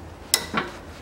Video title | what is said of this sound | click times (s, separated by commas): Замена подшипника передней ступицы Чери Амулет 2010 1,6 Chery Amulet A15 | чтоб стопор сел на место сидит | 0.3 s